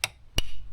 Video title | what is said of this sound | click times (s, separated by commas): Are Land Rovers unreliable or just Hard to Fix ? - Coolant Leak / S5-E33 | ah that was a nice click yes I heard it mhm | 0.0 s, 0.4 s